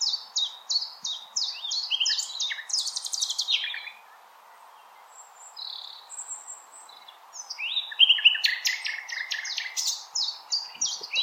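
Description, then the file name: Common nightingale song made of quick repeated chips and a rattling burst, a quiet gap with soft whistles, then another lively run of repeated notes. Recorded on 16 April 2021. "Nightingale-210416"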